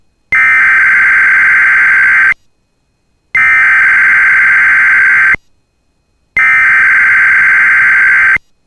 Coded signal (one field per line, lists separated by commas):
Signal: Emergency Alert System (SAME) tones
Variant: header bursts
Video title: [EAS] Compilation 2024 - First of the Year EAS Tests